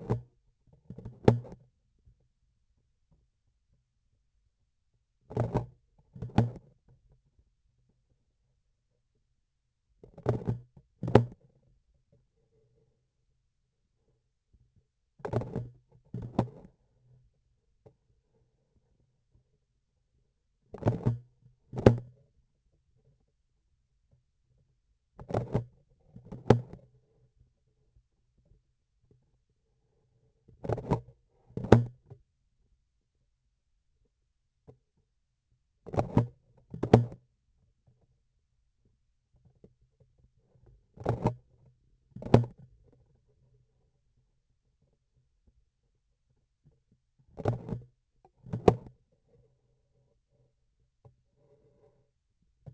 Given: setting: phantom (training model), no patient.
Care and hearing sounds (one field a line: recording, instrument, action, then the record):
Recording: laparoscopic instrument, vibration sensor on the handle end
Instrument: grasping forceps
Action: opening and closing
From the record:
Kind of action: tool actuation without material contact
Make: other than Olympus